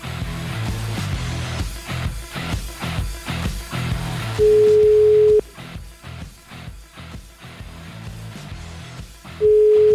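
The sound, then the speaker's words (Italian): A telephone ringback tone for an outgoing call: a steady, mid-pitched beep that sounds loudly for about a second, pauses several seconds, then starts again over a busy, pulsing background. “ragazzi, telefonatemi a Carletto, dai”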